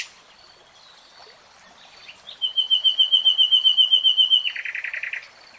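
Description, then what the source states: Nightingale song: soft notes, then a rapid series of pure whistled notes at one steady pitch that leads straight into a lower, rattling series of repeated notes. Nightingale singing, in a 3-hour real-time recording.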